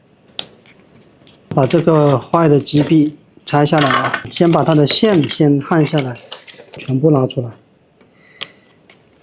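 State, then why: Seated. A small plastic LED light cover is pressed onto the motor arm of a DJI Air 2S drone and snaps into place with a single sharp click at 0.4 s, seating it. Someone then talks for several seconds, and a few faint ticks follow near the end.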